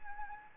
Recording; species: mosquito wingbeat signal from an infrared sensor; Anopheles arabiensis